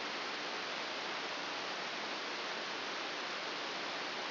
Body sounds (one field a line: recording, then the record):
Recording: brain microelectrode recording played as sound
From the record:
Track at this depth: outside the subthalamic nucleus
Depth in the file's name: 6.201 mm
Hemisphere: right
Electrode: 2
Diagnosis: Parkinson's disease